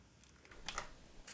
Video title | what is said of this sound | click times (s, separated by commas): Lian Li O11 Vision Build - Step by Step Guide | making sure we get a nice satisfying click and then I'm just going to pull the access cable through to the back | 0.7 s